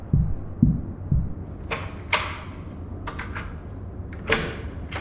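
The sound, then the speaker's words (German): Three heavy, low thuds as two people pound on the door of room 909 in a quick, even rhythm, followed by scattered metallic clicks and rattles like a lock or handle being worked. No one speaks. “Was fällt euch beiden Vögeln eigentlich ein, hier so gegen die Tür zu hämmern, hä?”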